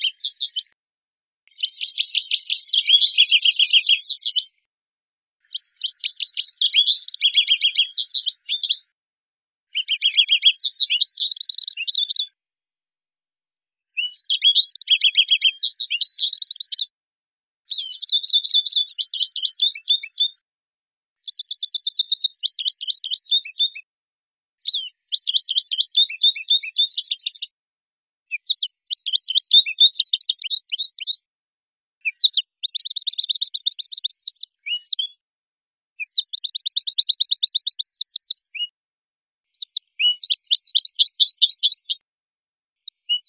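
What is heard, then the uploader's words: An American goldfinch sings a series of bright, high, twittering phrases, each about two to three seconds long, separated by short pauses of a second or so. The song is clear, with rapid warbling notes and silence between bursts. American Goldfinch - Spinus Tristis - Songs. Finch songs.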